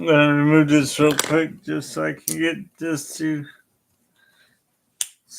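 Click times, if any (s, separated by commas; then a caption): 5.0 s. Someone talks while briefly removing a plastic building-brick piece from a LEGO Game Boy brick model so another brick can be pressed on. After a short quiet pause, one sharp, loud snap is heard at 5.0 seconds as the brick seats into place.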